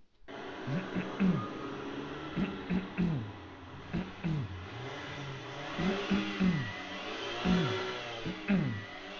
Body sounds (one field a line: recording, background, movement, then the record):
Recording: throat clearing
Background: traffic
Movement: sitting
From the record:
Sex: male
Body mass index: 20.5 kg/m2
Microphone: on the chest, facing outward